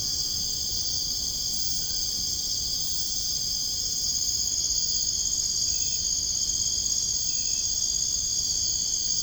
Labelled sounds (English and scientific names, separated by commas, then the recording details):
none
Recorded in dense forest near Puerto Asís, Putumayo, Colombia, on 22 June 2025 at 01:30
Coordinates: 0.481, -76.323
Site G072